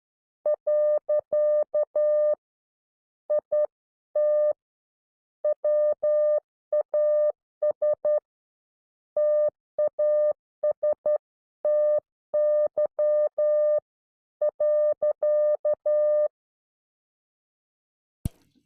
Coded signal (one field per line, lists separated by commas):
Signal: Morse code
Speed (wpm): 12 wpm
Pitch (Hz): 600 Hz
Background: none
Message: . IT WAS TASTY .